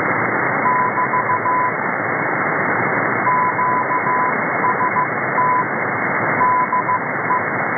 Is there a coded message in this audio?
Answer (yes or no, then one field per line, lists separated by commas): yes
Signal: Morse code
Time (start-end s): 0.6-7.4 s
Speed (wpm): 15 wpm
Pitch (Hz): 1000 Hz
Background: radio noise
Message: <BT> QST DE